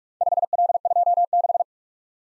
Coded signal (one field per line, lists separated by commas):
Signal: Morse code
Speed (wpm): 44 wpm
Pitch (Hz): 700 Hz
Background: none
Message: 5L26